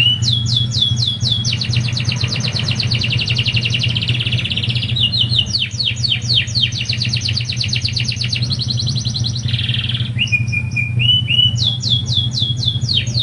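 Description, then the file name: Lancashire canary delivering long runs of rapid, evenly repeated downslurred notes, shifting speed between tours, with a brief buzzy roll; a constant low hum underneath. "kenari lancashire"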